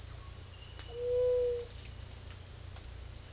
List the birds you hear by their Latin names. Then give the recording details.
Leptotila rufaxilla. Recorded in secondary vegetation near Puerto Asís, Putumayo, Colombia, on 18 December 2024 at 18:00. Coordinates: 0.499, -76.323. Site G010